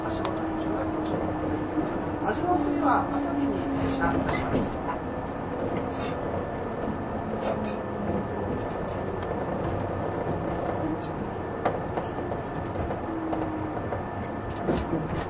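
Running sound recorded aboard a 185 series Odoriko 106 train: a steady, dense rumble of wheels and motor holds at an even level throughout. Faint tonal whines and squeals drift in around the second to fifth seconds, with brief clicks and murmured speech beneath.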